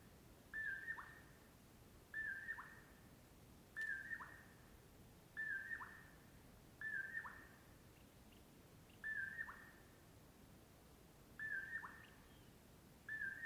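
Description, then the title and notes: Common Poorwill song, a mellow whistled phrase repeated about every two seconds, several phrases over a quiet background, the last cut short. Heard at dawn before other morning birds start; mellow "poor-will-low"; crepuscular nightjar; recorded near Colockum Pass off Brewton Road. "In the morning I awoke to the mellow “poor-will-low” of a Common Poorwill"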